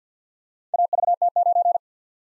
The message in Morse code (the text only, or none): AVT9